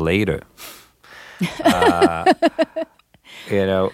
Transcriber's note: laughs